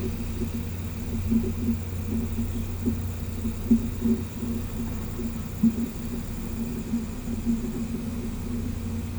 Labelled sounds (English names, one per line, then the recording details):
none
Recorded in pastures near Puerto Asís, Putumayo, Colombia, on 20 December 2024 at 11:30
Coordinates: 0.505, -76.324
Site G063